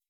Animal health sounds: hydrophone in a shrimp aquaculture tank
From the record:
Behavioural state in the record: weakened

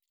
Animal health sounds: hydrophone in a shrimp aquaculture tank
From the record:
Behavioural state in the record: weakened

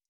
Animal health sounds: hydrophone in a shrimp aquaculture tank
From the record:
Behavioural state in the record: stressed

